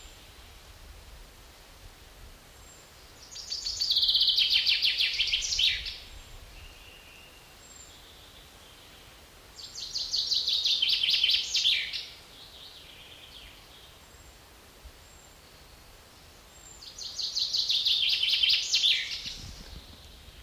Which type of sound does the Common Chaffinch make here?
song